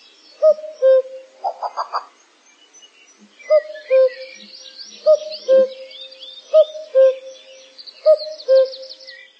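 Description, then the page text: Common cuckoo giving its two-note falling cu-coo five times, with a short rapid burst of notes and higher chattering birdsong behind. "Кукушка"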